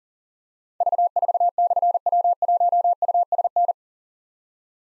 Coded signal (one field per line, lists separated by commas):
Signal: Morse code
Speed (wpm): 43 wpm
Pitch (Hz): 700 Hz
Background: none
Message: V4/W1USN